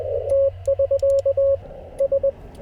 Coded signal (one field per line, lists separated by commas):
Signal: Morse code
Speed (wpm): 21 wpm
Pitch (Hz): 550 Hz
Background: radio noise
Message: T<SK> S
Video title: CW POTA PILEUPS and DX after a SOLAR STORM! #morsecode #parksontheair #hamradio